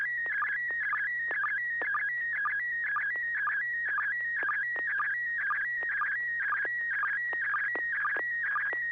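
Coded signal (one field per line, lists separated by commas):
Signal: SSTV (slow-scan television)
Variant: PD120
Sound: warbling, chirpy tone shifting in pitch with a steady rhythmic tick about twice a second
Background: low hum, static clicks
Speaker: sure I didn't know I was going to be first but uh this is PD 120.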